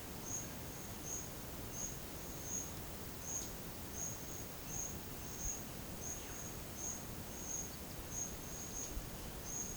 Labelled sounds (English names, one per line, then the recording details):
none
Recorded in pastures near Puerto Asís, Putumayo, Colombia, on 30 June 2025 at 11:00
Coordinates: 0.472, -76.331
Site G095